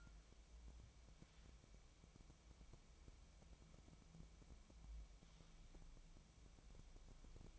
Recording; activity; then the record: daily activity, microphone in the room; wipe stove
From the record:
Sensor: 1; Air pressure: 1001.6 hPa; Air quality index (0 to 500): 218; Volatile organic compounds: 28 ppm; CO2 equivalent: 2902 ppm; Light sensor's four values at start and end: 7/29/10/11 and 7/29/10/11